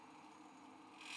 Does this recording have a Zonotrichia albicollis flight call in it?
no